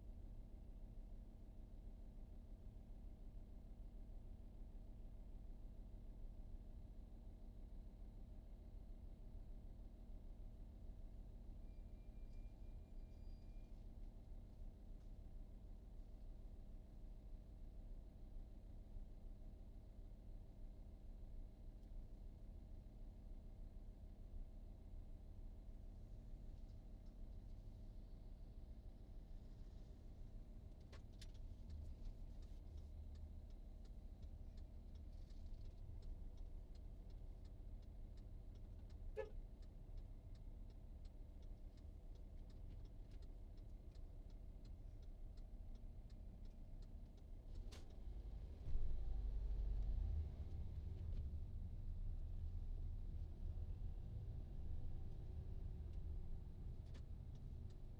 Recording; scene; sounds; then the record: everyday scene through a hearing-aid microphone; in a vehicle; engine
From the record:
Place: VW T5 Caravelle, diesel engine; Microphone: in the ear canal, right